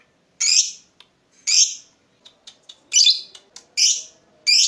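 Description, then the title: Lovebird giving loud, harsh chirps at irregular intervals, with faint softer clicks and ticks between them. Lovebird whose style makes it look very clever at baiting (memancing), prompting other birds to sing. "Dari Gayanya Lovebird Ini Terlihat Pintar Sekali Memancing"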